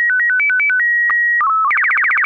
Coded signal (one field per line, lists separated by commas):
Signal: SSTV (slow-scan television)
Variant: Robot BW 8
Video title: Slow Scan Radio, September 5, 2018